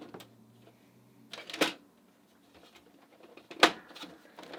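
A drum unit holding a new TN-660 toner cartridge is slid back into a Brother DCP-L2520DW laser printer and pushed until it seats. There is plastic rattling and a sliding scrape around 1.3–1.6 s, then a sharp hit at 3.6 s as the unit seats home. Quieter handling noises follow.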